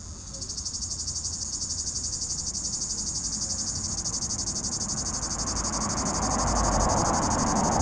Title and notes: 3029 Rte d'Aix, Chindrieux, France - cigale. Cigale dans un pommier au sommet de la côte de groisin, il fait 32°